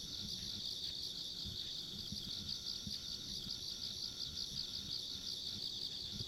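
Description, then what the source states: Insects trilling in a constant, dense high chorus with faint pulses, over low background noise. Ambient insect sounds along a rural country road.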